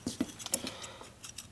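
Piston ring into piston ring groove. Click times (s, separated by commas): 0.5 s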